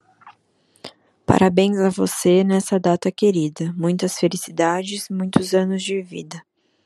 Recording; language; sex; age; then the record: short text; Brazilian Portuguese; female; 20 to 29 years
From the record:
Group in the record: control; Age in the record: 25 years